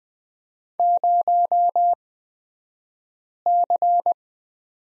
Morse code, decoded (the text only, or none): 0C